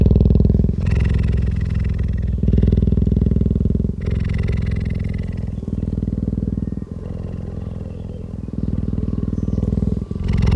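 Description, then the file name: Cheetah giving a deep, rumbling purr that throbs throughout, swelling and easing several times. Adult cheetah. "Frisson de Midi Adult Cheetah"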